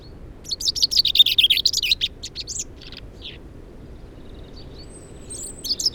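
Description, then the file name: Common chaffinch trilling a bright, quickly repeated series of notes that drops in pitch, then a pause with a few soft chips and other faint high bird calls. "Fringilla coelebs"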